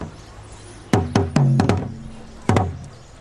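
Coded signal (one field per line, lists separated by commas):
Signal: talking drum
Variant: Asante atumpan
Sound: about seven resonant drum strokes in two clusters, low tones ringing and bending slightly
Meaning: Calls someone to come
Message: come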